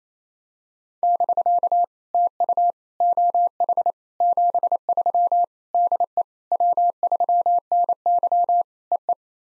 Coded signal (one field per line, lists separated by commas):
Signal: Morse code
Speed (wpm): 28 wpm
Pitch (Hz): 700 Hz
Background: none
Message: <BK> TU OH 73 DE W3NY EE